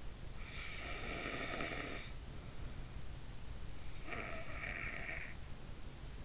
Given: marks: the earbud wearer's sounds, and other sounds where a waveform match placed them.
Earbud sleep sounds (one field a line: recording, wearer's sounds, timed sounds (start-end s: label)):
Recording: sounds in sleep by an in-ear microphone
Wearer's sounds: breath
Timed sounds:
0.18-2.81 s: breath
3.61-5.89 s: breath